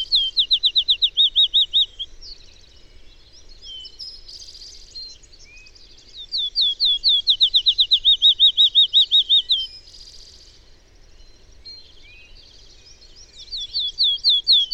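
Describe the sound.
Bird song: bursts of rapid, high, repeated notes, each phrase about two to four seconds long, separated by softer twittering.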